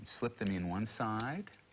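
Someone talks while a plastic prescription RX insert, with the prescription lenses embedded in the plastic, is being slipped into one side of a safety-glasses frame. Nothing has seated or clicked yet in this clip.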